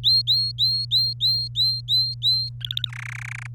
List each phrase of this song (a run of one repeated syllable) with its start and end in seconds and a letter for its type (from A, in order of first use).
0.04-2.49 A, 2.61-2.88 B, 2.89-3.47 C